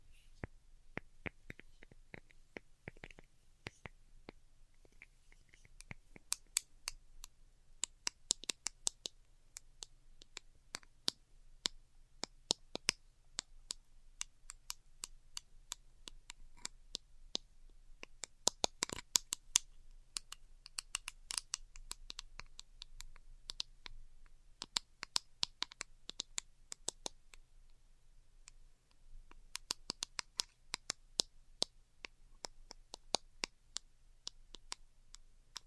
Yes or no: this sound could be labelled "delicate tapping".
yes